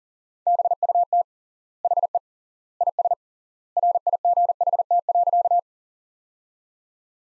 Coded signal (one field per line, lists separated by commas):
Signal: Morse code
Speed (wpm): 40 wpm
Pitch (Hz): 700 Hz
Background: none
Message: BUT HE IS RIGHT.